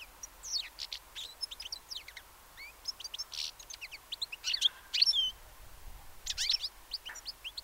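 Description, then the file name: European goldfinch, lively twittering of rapid high chirps, buzzy notes and slurred whistles running almost continuously throughout. "Carduelis carduelis"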